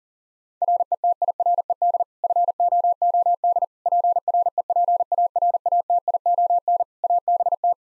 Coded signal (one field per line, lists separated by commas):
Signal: Morse code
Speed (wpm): 40 wpm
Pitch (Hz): 700 Hz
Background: none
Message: RETIRED FOOD PREPARATION ABT